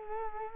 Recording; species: mosquito wingbeat signal from an infrared sensor; Culex quinquefasciatus